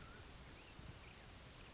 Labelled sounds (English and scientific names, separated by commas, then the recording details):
Mountain Quail (Oreortyx pictus)
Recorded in Sonoma County, California